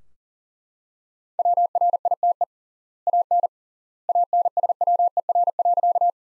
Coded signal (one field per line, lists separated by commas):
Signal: Morse code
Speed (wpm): 40 wpm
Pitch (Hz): 700 Hz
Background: none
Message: WRITE AN ANSWER.